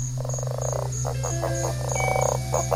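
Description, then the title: Giant monkey frog calling in bursts of rapid, rattling pulsed notes, several short clusters in quick succession, with a constant low hum and high insect trills behind. Amazonian tree frog, active at night; males chorus around water to attract females and warn rival males away. "Pas si betes. La rainette singe"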